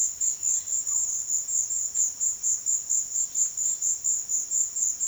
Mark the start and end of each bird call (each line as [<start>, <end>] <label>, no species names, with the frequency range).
[0.63, 1.12] bird call (0.3-1.6 kHz)